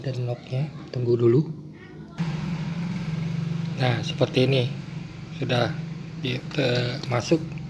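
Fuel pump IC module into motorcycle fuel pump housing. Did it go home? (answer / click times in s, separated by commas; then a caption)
no / none. A fuel pump IC module for a Vixion NVA / Mio J motorcycle is handled as it is being pushed back into its plastic fuel pump housing, while someone talks over a steady low hum that starts around 2.2 s. Nothing has seated or clicked yet.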